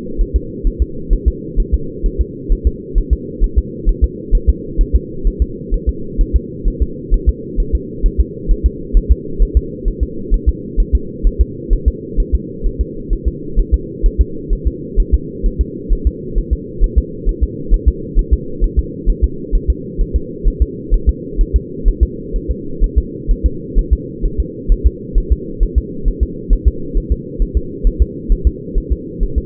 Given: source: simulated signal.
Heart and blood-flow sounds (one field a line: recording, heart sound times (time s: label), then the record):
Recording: fetal heart sounds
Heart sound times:
0.21 s: S1
0.36 s: S2
0.67 s: S1
0.82 s: S2
1.13 s: S1
1.28 s: S2
1.60 s: S1
1.74 s: S2
2.06 s: S1
2.21 s: S2
2.52 s: S1
2.67 s: S2
2.98 s: S1
3.13 s: S2
3.44 s: S1
3.58 s: S2
3.89 s: S1
4.04 s: S2
4.35 s: S1
4.50 s: S2
4.81 s: S1
4.96 s: S2
5.27 s: S1
5.42 s: S2
5.74 s: S1
5.89 s: S2
6.21 s: S1
6.36 s: S2
6.68 s: S1
6.82 s: S2
7.14 s: S1
7.29 s: S2
7.60 s: S1
7.75 s: S2
8.06 s: S1
8.21 s: S2
8.51 s: S1
8.66 s: S2
8.97 s: S1
9.12 s: S2
9.42 s: S1
9.57 s: S2
9.88 s: S1
10.03 s: S2
10.34 s: S1
10.49 s: S2
10.80 s: S1
10.95 s: S2
11.27 s: S1
11.41 s: S2
11.73 s: S1
11.88 s: S2
12.20 s: S1
12.35 s: S2
12.67 s: S1
12.81 s: S2
13.13 s: S1
13.28 s: S2
13.59 s: S1
13.74 s: S2
14.06 s: S1
14.21 s: S2
14.53 s: S1
14.68 s: S2
15.00 s: S1
15.14 s: S2
15.46 s: S1
15.61 s: S2
15.93 s: S1
16.07 s: S2
16.38 s: S1
16.53 s: S2
16.84 s: S1
16.98 s: S2
17.29 s: S1
17.43 s: S2
17.74 s: S1
17.88 s: S2
18.19 s: S1
18.33 s: S2
18.64 s: S1
18.79 s: S2
19.09 s: S1
19.24 s: S2
19.55 s: S1
19.70 s: S2
20.01 s: S1
20.16 s: S2
20.48 s: S1
20.62 s: S2
20.94 s: S1
21.09 s: S2
21.41 s: S1
21.56 s: S2
21.88 s: S1
22.03 s: S2
22.36 s: S1
22.51 s: S2
22.84 s: S1
22.98 s: S2
23.31 s: S1
23.46 s: S2
23.79 s: S1
23.93 s: S2
24.26 s: S1
24.40 s: S2
24.72 s: S1
24.87 s: S2
25.18 s: S1
25.32 s: S2
25.63 s: S1
25.78 s: S2
26.08 s: S1
26.23 s: S2
26.53 s: S1
26.68 s: S2
26.98 s: S1
27.12 s: S2
27.42 s: S1
27.57 s: S2
27.87 s: S1
28.02 s: S2
28.32 s: S1
28.47 s: S2
28.78 s: S1
28.92 s: S2
29.23 s: S1
29.38 s: S2
From the record:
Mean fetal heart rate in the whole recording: 130 bpm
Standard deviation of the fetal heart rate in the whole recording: 4 bpm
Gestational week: 38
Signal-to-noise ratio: -4.3 dB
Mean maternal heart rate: 72 bpm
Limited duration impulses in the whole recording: absent